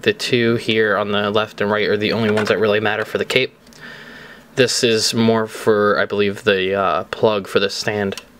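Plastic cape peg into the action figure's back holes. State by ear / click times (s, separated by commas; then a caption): not seated / none. A plastic cape with pegs is handled near the holes on the back of an S.H. Figuarts Fire Emblem action figure while someone talks. A faint tap is heard at about 3.7 s during a pause, but the cape has not seated or clicked into the back yet.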